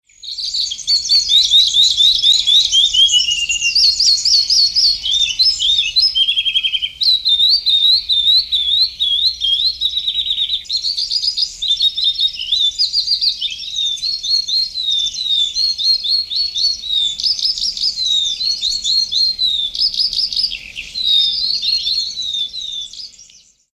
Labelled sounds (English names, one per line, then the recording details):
Crested Lark
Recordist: Tembrock, Günter
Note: Gesang